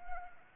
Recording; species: mosquito wingbeat signal from an infrared sensor; Anopheles arabiensis